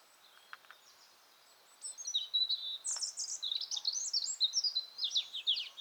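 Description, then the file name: European robin song: after near silence, a quick run of high, thin warbled and trilled phrases with pure whistles, jumping about in pitch and continuing to the end. "Erithacus rubecula"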